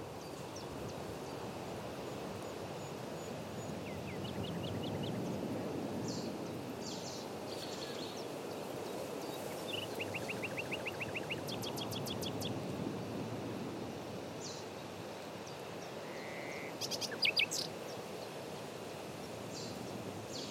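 Bird calls, likely including a nightingale, rise over a steady low rush of outdoor noise. Short repeated trills and quick chirps come in bursts around the middle. A sharper, louder cluster of high notes arrives near seventeen seconds.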